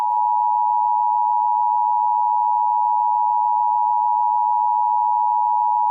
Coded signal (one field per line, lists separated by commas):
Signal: Emergency Alert System (SAME) tones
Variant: 853 and 960 Hz attention tone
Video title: EAS Scenario #2: Slenderman Rampage.